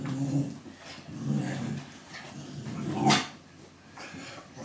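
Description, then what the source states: Dog giving low grumbling growls and a short sharp bark. Female pet dog being dried with a towel after a bath at home; tail wagging; she is told to stop; barking described as happy.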